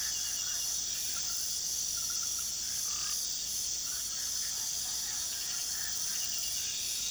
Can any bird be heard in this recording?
no